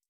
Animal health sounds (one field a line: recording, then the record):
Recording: hydrophone in a shrimp aquaculture tank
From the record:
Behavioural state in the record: stressed